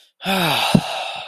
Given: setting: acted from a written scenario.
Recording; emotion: vocal sound without words; shame